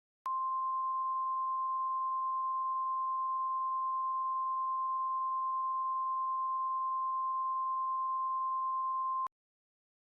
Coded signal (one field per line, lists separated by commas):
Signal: Emergency Alert System (SAME) tones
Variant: 1050 Hz attention tone